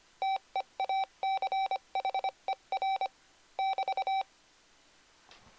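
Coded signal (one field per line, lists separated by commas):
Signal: Morse code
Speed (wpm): 25 wpm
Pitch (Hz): 770 Hz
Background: none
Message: TEACHER <BT>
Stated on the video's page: Morse sent from soft macros recorded and stored in EEPROM on the Mr. Rags macro keyer.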